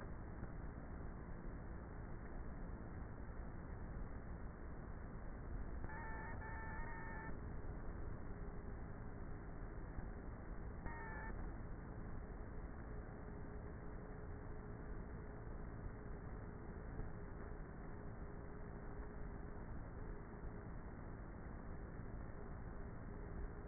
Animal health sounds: honeybee colony, microphone inside the hive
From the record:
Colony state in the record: queenless with a low population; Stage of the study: before two queens were removed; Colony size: about 30,000 bees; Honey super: no

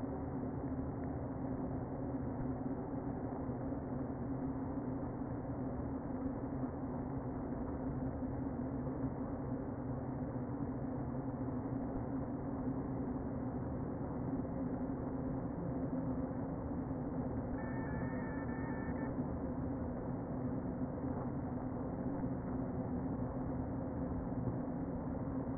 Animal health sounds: honeybee colony, microphone inside the hive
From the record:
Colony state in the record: queen present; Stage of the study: before two queens were removed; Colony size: about 60,000 bees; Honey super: yes

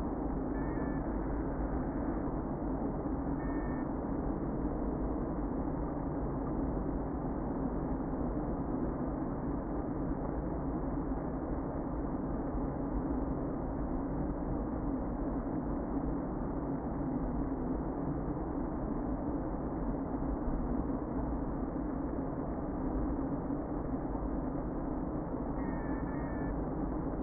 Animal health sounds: honeybee colony, microphone inside the hive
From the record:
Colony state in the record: queen present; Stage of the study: before two queens were removed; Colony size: about 60,000 bees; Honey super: yes

